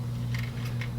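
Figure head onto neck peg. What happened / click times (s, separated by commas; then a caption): The plastic head snapped onto its neck peg / 0.4 s, 0.8 s. The plastic head of an Icon Collectibles Frazetta's Fire & Ice Darkwolf action figure is pushed back onto its neck peg. Two short, sharp clicks sound at about 0.4 and 0.8 seconds over a steady low hum. The head seats with a nice fit and no trouble.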